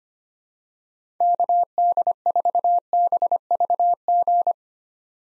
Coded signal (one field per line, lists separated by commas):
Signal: Morse code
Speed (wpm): 25 wpm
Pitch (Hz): 700 Hz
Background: none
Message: KD4BVG